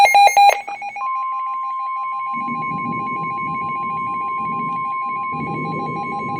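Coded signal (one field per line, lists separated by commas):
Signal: Emergency Alert System (SAME) tones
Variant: 1050 Hz attention tone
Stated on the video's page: Tornado and flood warnings on NOAA Weather Radio for east central Ohio counties.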